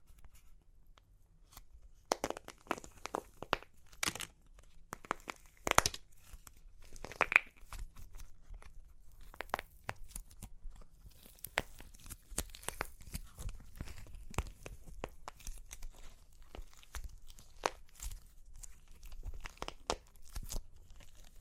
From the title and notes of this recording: Super Crunchy Clay Cracking (No Talking).